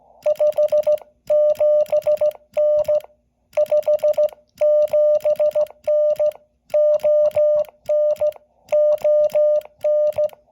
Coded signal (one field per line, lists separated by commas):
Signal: Morse code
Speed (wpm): 15 wpm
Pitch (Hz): 600 Hz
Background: music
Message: 57N 57N ON ON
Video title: Working KT5V David in TX SKCC WES #20601T Jan 7 2023